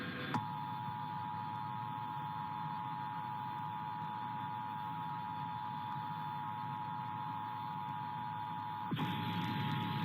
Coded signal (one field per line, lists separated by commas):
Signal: Emergency Alert System (SAME) tones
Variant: 853 and 960 Hz attention tone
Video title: Texas | EAS Required Monthly Tests | 10/6/20